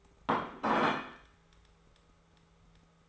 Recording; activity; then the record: daily activity, microphone in the room; place plate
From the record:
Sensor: 3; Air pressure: 1015.1 hPa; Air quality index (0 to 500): 208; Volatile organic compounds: 34 ppm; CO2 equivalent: 3032 ppm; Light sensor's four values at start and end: 13/30/12/13 and 13/31/13/13